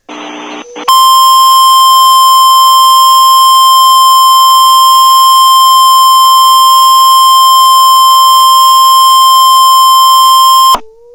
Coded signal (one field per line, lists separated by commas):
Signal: Emergency Alert System (SAME) tones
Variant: 1050 Hz attention tone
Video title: EAS Scenario: Gacha Heat wave 1